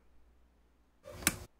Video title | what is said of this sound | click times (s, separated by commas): Microlight Installation and Function | press it in for a positive click check | 1.3 s